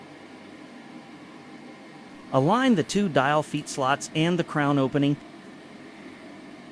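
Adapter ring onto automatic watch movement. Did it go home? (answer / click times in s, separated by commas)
no / none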